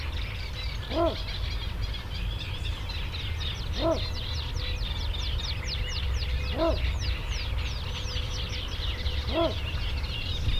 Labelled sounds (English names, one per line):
Little Bittern